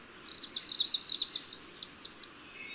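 Bird song: one high, rapid twittering phrase of quick jumbled notes lasting about two seconds, then a faint thin note at the end.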